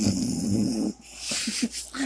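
A rough, low-pitched rattling sound lasts about a second, then comes a run of short snorting grunts. This is ordinary snoring from a man asleep late at night, the soft-tissue vibration of a sleeper's upper airway, heard from across the room.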